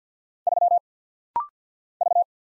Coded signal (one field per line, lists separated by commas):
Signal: Morse code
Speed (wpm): 48 wpm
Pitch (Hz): 700 Hz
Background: none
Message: 3 V